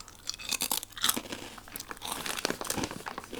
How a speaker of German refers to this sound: Ich könnte mir jetzt mal, um das mal vernünftig darzustellen, wie schlimm das ist, eine Tüte von Krusty Krog Snack Me Würzig nehmen und da mal drauf rumbeißen, dann hört man direkt, wie laut das eigentlich ist.